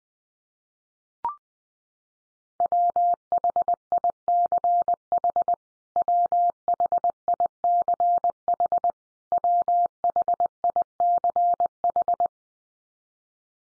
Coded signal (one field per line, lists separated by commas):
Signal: Morse code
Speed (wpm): 20 wpm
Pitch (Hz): 700 Hz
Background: none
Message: WHICH WHICH WHICH